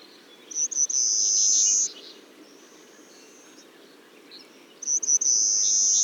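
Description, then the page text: Pale rockfinch singing long, thin, high buzzing phrases, each opening with short clicks. The phrases are separated by a pause of about three seconds over a soft continuous background hiss. "Fernand DEROUSSEN - Короткопалый воробей (Carpospiza brachydactyla)"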